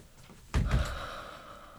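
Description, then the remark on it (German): A woman knocks on a door: two quick, solid raps, the first sharper than the second, followed by a brief fading ring with no voices. “Ein- oder zweimal am Tag klopfte sie bei mir an die Tür.”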